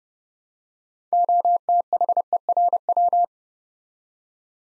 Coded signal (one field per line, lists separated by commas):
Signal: Morse code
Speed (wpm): 29 wpm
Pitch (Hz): 700 Hz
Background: none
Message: OTHERW